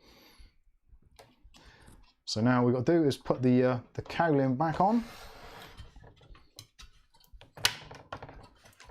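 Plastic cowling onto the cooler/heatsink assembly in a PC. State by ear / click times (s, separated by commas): seated / 7.7 s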